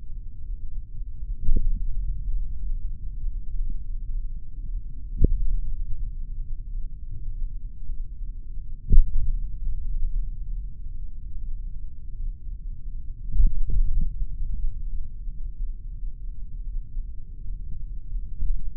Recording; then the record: forearm muscle sounds (acoustic myography)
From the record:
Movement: tripod grip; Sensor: system 3, bracelet of six PUI Audio POM-2738L microphones around the upper forearm, with dedicated amplification and filtering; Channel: 3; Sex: male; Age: 26 years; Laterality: right